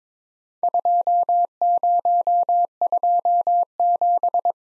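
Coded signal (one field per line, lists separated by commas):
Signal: Morse code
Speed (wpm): 22 wpm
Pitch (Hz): 700 Hz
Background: none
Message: 2027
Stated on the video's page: Worked All Europe DX Contest QTC exchange practice at 22wpm, each exchange sent in Morse, then spoken, then sent again.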